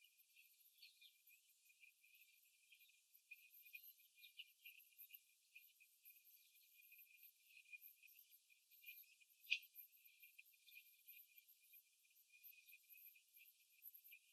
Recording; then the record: young laying hens in a cage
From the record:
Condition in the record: after the stressor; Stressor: simulated dog barking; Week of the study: 3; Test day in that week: 2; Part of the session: 3